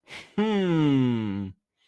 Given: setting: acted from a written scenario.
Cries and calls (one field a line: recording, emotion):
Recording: vocal sound without words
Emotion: pride